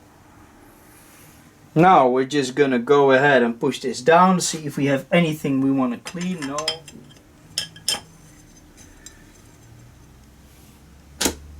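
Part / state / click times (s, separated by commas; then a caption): clutch piston into automatic transmission clutch drum / seated / 7.9 s. With the inner O-ring fitted, a clutch piston from a BMW/Jaguar 5HP24 / A5S440Z automatic gearbox is pushed down by hand into its metal clutch drum while someone talks. Light metallic clicks follow, and a sharp pop at 7.9 s marks the piston seating in the drum.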